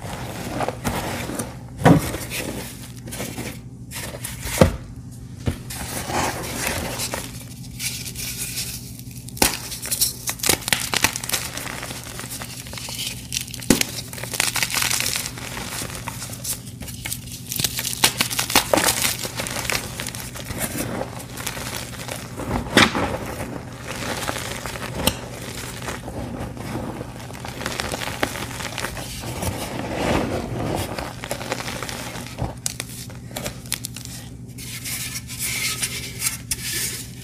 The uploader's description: 8 blocks of crispy dyed gym chalk dipped in dusty Bon Ami paste.